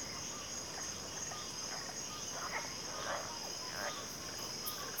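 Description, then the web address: Crickets chorus in an unbroken high-pitched trill, with a few soft scattered calls below. Cricket chorus at a backwater. "WLL Grade 1-12 Pre-Uni Library Natures Songs Sleep Sounds of Nature CRICKETS Backwater Chorus"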